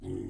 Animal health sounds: pig call; weaner (32 to 43 days)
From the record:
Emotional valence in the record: negative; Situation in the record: negative conditioning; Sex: female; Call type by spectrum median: low-frequency call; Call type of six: low-frequency stable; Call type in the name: low-frequency stable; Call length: 0.30 s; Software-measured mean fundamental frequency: 47 Hz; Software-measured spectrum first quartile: 141 Hz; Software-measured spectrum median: 275 Hz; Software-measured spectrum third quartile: 375 Hz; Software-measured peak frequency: 341 Hz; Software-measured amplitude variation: 149 dB a second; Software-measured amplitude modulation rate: 21.7 a second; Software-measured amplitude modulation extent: 6.9 dB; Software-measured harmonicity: -0.1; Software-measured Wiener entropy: 0.03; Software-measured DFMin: 1488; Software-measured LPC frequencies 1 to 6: 333, 1976, 3107, 4728, 6451, 7371 Hz

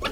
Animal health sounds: pig call; piglet (1 to 25 days)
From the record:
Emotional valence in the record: positive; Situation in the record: after nursing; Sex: male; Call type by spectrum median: low-frequency call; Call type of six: high-frequency stable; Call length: 0.12 s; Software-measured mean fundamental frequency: 283 Hz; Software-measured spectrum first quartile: 570 Hz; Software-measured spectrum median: 1340 Hz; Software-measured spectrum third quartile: 2748 Hz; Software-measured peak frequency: 548 Hz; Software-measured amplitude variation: 140 dB a second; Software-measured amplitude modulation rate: 8.5 a second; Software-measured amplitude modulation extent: 16.5 dB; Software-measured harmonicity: 1.6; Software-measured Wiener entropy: -2.18

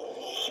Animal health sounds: pig call; piglet (1 to 25 days)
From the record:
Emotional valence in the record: negative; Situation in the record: fighting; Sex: male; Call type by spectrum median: low-frequency call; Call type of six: mixed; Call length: 0.51 s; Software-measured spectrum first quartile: 563 Hz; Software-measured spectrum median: 2213 Hz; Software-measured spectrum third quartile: 3390 Hz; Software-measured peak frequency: 3124 Hz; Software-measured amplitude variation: 132 dB a second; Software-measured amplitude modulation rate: 28.7 a second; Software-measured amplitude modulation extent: 4.6 dB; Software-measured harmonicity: 4.6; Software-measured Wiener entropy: -2.75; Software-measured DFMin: 864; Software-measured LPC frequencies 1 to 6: 575, 3123, 3504, 5115, 5554, 6222 Hz

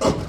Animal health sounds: pig call; growing-finishing pig (85 days or more)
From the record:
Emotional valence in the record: positive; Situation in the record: run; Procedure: transit

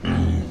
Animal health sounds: pig call; growing-finishing pig (85 days or more)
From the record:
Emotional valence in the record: negative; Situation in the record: barren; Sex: female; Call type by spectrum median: low-frequency call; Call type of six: low-frequency stable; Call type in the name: low-frequency modulated, not sure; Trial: 1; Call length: 0.50 s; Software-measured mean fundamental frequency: 43 Hz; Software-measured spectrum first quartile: 97 Hz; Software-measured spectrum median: 195 Hz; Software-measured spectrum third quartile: 459 Hz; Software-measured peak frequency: 213 Hz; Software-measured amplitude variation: 127 dB a second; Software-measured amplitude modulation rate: 28.8 a second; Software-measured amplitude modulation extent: 4.4 dB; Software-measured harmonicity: -1.4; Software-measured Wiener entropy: -1.09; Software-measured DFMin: 672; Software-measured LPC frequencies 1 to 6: 1504, 2942, 3937, 5827, 6249, 7179 Hz

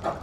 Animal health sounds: pig call; growing-finishing pig (85 days or more)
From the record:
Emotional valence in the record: positive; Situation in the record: run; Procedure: transit

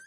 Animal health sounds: pig call; piglet (1 to 25 days)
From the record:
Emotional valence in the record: negative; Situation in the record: long isolation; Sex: female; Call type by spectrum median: high-frequency call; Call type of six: low-frequency tonal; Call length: 0.07 s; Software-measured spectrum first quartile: 1567 Hz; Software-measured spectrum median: 3138 Hz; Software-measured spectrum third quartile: 9061 Hz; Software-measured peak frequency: 1571 Hz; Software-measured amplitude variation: 19 dB a second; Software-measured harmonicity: 19.0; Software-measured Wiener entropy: -4.86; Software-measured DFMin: 976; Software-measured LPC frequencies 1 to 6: 1570, 3216, 4759, 6238, 7746, 9378 Hz

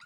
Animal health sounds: pig call; piglet (1 to 25 days)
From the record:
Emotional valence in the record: positive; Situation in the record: short reunion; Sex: female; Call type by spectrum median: low-frequency call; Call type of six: low-frequency tonal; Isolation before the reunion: 3 minutes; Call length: 0.06 s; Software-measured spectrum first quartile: 1384 Hz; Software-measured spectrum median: 1903 Hz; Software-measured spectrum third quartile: 3639 Hz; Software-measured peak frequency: 1425 Hz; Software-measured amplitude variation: 3 dB a second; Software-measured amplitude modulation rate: 8.1 a second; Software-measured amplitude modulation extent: 0.4 dB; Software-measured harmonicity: 9.0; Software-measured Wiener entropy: -2.99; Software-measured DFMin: 823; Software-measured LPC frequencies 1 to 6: 1398, 2183, 2582, 3852, 4799, 6688 Hz

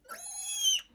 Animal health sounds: pig call; piglet (1 to 25 days)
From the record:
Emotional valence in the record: negative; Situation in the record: restrain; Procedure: back test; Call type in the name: high-frequency call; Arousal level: low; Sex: male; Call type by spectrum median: high-frequency call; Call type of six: high-frequency stable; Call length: 0.94 s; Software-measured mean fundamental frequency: 338 Hz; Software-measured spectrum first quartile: 3051 Hz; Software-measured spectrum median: 4625 Hz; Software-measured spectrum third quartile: 7068 Hz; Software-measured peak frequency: 3100 Hz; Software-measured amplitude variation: 154 dB a second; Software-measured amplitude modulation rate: 20.1 a second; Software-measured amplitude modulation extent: 7.7 dB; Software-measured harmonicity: 18.5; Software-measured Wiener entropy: -3.73

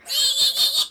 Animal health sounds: pig call; piglet (1 to 25 days)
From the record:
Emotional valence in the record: negative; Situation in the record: castration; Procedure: castration, cut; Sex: male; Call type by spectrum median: high-frequency call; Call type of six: high-frequency modulated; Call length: 0.91 s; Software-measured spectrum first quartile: 3768 Hz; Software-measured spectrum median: 4395 Hz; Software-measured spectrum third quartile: 6730 Hz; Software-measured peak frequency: 3654 Hz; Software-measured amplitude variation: 153 dB a second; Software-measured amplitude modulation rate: 9.9 a second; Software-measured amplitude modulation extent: 15.5 dB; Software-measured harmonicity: 6.2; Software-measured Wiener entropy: -3.06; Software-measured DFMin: 1010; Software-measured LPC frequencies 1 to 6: 936, 1649, 3123, 3610, 4236, 7928 Hz

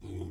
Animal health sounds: pig call; weaner (32 to 43 days)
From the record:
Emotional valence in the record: positive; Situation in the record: positive conditioning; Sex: female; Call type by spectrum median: low-frequency call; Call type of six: low-frequency stable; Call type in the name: low-frequency stable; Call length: 0.31 s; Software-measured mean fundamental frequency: 47 Hz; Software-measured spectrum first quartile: 92 Hz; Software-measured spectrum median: 205 Hz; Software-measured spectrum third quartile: 388 Hz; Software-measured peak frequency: 337 Hz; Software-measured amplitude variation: 112 dB a second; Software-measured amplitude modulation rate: 27.4 a second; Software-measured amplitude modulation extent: 4.1 dB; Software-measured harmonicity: -1.9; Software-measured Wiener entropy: 0.06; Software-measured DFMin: 1144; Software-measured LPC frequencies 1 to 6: 331, 2255, 3269, 3734, 4886, 6236 Hz

